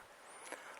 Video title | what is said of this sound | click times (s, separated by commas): TH400 Gearbox Speedo drive leak, Edelbrock too lean. Belt & Hose information. Overall Adjustments. | like it locked into place because it did | 0.5 s